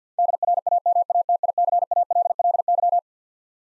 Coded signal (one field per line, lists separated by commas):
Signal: Morse code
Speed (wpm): 49 wpm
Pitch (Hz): 700 Hz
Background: none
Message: DRAMATICALLY